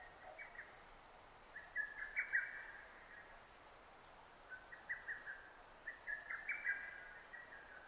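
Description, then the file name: Faint lesser cuckoo phrases of rapid clipped notes, a few bursts with a pause of about two seconds between, over noticeable background hiss. Recorded 6 June 2009. "hototogisu-20090606"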